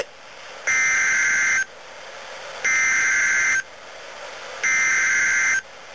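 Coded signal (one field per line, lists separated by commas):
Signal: Emergency Alert System (SAME) tones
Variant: header bursts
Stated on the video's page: Heard on NOAA weather radio in Boise, Idaho, which is claimed to have been hacked.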